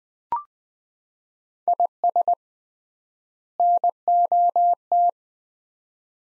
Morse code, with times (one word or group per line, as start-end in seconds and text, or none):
1.7-2.3 IS
3.6-5.1 NOT